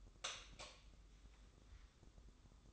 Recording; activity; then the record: daily activity, microphone in the room; light off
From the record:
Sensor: 3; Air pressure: 995.3 hPa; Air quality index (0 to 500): 82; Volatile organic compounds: 7 ppm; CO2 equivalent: 1959 ppm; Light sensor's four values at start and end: 11/29/12/11 and 8/20/8/8